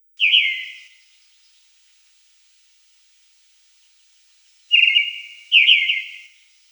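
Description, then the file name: Red-throated thrush song: a strong descending whistled note, silence, then two similar slurred whistles in close succession. "Drozd krasnozobyj"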